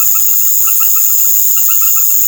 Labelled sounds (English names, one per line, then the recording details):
none
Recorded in secondary vegetation near Puerto Asís, Putumayo, Colombia, on 13 March 2025 at 19:00
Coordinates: 0.489, -76.322
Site G042